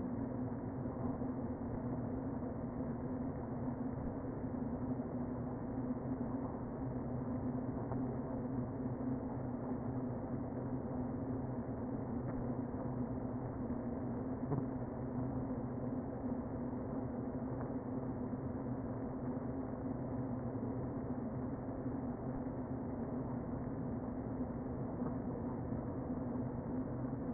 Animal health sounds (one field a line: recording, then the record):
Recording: honeybee colony, microphone inside the hive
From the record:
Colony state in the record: queen present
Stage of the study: before two queens were removed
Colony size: about 60,000 bees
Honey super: yes